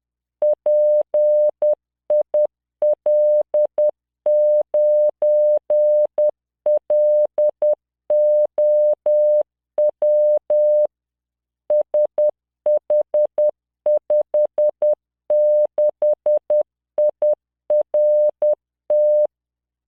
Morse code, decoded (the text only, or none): PIL9LOW SH56IRT